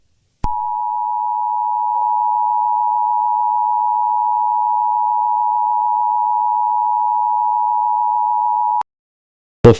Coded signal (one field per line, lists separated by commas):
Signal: Emergency Alert System (SAME) tones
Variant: 853 and 960 Hz attention tone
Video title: Eas scenario Chicago Riots